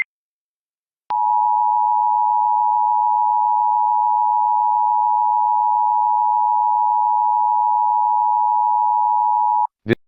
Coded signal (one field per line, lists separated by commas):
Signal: Emergency Alert System (SAME) tones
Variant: 853 and 960 Hz attention tone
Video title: July 14 2025 and the following is a full day eas /7/14/25/